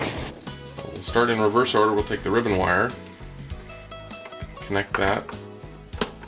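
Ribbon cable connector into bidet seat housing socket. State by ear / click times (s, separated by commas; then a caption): seated / 6.0 s. A ribbon wire connector is pushed into its socket on the control board of a Clean Sense bidet seat. Someone talks over background music, and one sharp click at 6.0 s shows the connector has seated.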